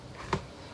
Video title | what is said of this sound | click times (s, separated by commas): The Spiralizer | it's locked in place it's ready to spiralize now | 0.3 s